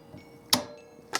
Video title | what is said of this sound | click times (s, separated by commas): HP Deskjet 2710e: How to Change/Replace Ink Cartridges | feed it in roughly the right direction anyway it gets to a point where you have to apply a bit of pressure and clicks | 0.5 s